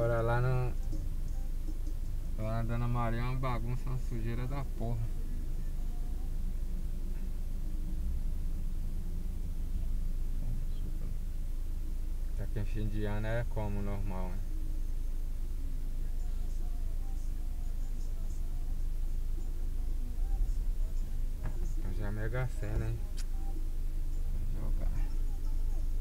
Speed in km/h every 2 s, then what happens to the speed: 0, 0, 0, 0, 0, 0, 0, 0, 0, 0, 0, 0, 0.
0-26 standing.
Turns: none.